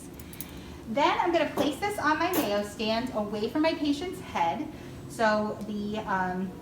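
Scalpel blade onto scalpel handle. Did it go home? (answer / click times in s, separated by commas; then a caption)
yes / 0.4 s. A metal scalpel blade is lined up with the groove on a metal scalpel handle and slid down until it locks in place, with a sharp metallic click at 0.4 s after two faint ticks. Someone then talks for the rest of the clip. The blade is seated and locked onto the handle.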